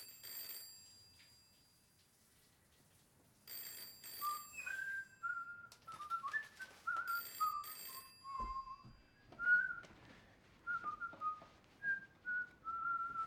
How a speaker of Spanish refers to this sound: ¿cómo puedes silbar?